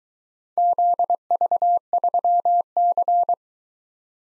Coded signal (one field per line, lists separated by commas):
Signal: Morse code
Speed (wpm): 23 wpm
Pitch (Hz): 700 Hz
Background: none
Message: ZV3C